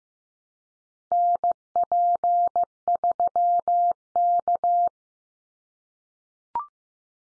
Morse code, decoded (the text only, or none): NP3K